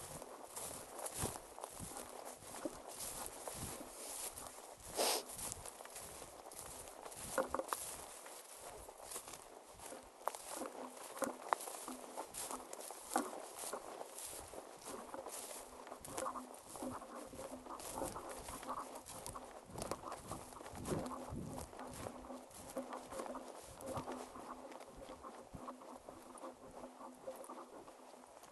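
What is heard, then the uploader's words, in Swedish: Sounds from a moose hunt: a steady run of crunching, snapping steps and rustles continues for the whole half minute, uneven in rhythm, with sharper cracks near 5, 7, 11 and 21 seconds. A faint, even hum sits underneath, and the activity thins slightly toward the end. Ljuden av älgjakt.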